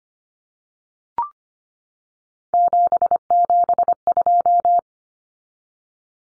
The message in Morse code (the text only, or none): 772